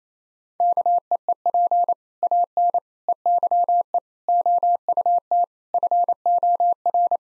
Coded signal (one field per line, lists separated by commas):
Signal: Morse code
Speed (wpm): 27 wpm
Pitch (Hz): 700 Hz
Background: none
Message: KEEP AN EYE OUT FOR